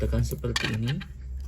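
A laptop RAM memory module is handled and pressed down into its SO-DIMM slot while someone talks, with light handling sounds under the voice. The module has not seated yet; nothing has clicked into place in this clip.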